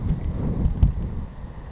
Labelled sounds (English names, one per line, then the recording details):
Savannah Sparrow
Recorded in Sonoma County, California